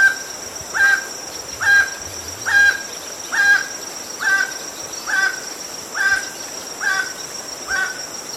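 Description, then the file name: Emerald toucanet producing regular harsh, guttural notes a bit faster than one per second, nine calls, against a persistent high insect drone. "Canto do tucaninho verde"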